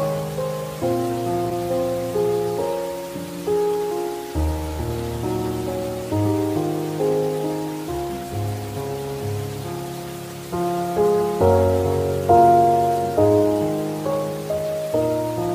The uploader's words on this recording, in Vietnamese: Thư giãn cùng tiếng mưa, nhạc piano giúp bạn ngủ ngon.